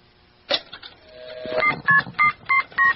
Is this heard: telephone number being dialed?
yes